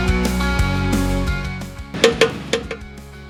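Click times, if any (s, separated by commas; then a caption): 2.0 s, 2.2 s, 2.5 s. A click-type torque wrench tightens the reinstalled oil drain bolt into the engine oil pan of a Mitsubishi Lancer CK4 Mivec, with music playing underneath. The wrench gives sharp clicks at 2.0, 2.2 and 2.5 seconds as the set torque is reached. This confirms the bolt is at the correct tightness.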